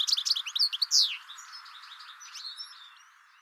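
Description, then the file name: European goldfinch with a fast, bright burst of tinkling chirps ending in a downslurred note, followed by softer fading twitters. "Carduelis carduelis"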